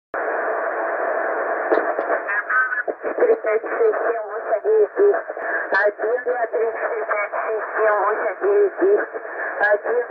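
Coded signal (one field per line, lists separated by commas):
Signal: numbers station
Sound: a voice over shortwave radio reading short, fairly evenly spaced words, muffled and band-limited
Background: radio static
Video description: after about 1 minute was repeating same message, no beeps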